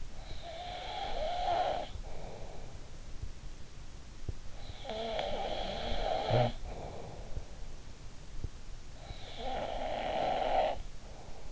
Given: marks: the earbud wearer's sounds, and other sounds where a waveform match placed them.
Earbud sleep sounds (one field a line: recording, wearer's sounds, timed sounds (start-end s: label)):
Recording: sounds in sleep by an in-ear microphone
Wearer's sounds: snoring breath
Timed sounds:
0.00-2.82 s: snoring breath
4.57-7.50 s: snoring breath
9.09-11.52 s: snoring breath